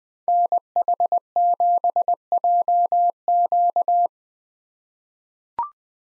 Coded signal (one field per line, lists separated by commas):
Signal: Morse code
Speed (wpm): 20 wpm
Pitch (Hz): 700 Hz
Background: none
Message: NH7JQ